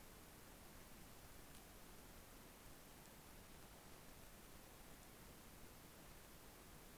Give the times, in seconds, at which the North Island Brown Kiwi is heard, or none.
none